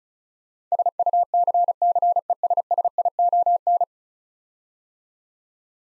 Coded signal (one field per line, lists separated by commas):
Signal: Morse code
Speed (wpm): 34 wpm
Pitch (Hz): 700 Hz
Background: none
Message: SUCCESSION